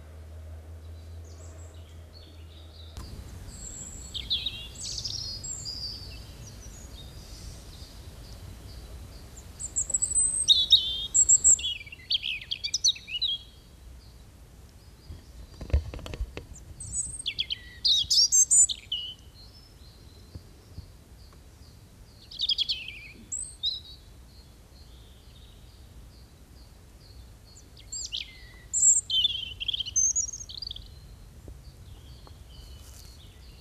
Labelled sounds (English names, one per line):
European Robin song